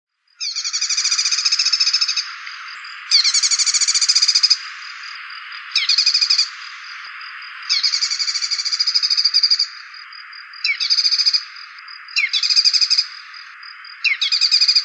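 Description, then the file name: Dark-necked tailorbird song: bursts of rapid, high buzzy repeated notes, each lasting up to about two seconds, over a steady background hiss and a constant high whine. "cinenen belukar"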